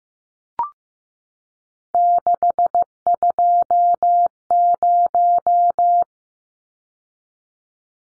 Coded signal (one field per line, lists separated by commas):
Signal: Morse code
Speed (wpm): 15 wpm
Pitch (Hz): 700 Hz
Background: none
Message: 620